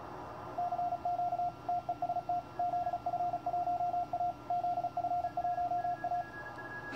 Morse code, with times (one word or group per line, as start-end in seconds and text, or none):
0.6-1.5 CQ
1.7-2.4 TEST
2.6-4.3 ZF1A
4.5-6.2 ZF1A